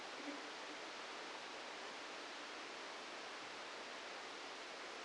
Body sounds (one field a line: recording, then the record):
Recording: brain microelectrode recording played as sound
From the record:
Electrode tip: outside the subthalamic nucleus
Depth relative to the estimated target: 3 mm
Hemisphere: left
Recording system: NeuroSet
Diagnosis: Parkinson's disease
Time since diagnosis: 9 years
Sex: male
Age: 61 years